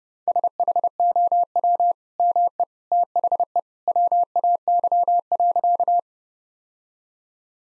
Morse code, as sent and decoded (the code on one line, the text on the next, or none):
... .... --- .-- / -- . / - .... . / .-- .- -.-- .-.-.-
SHOW ME THE WAY.